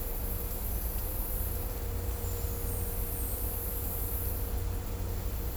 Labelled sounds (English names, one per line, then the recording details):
none
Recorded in dense forest near Puerto Asís, Putumayo, Colombia, on 16 December 2024 at 13:30
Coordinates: 0.503, -76.323
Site G043